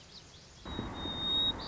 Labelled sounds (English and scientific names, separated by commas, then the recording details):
White-crowned Sparrow (Zonotrichia leucophrys)
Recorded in Sonoma County, California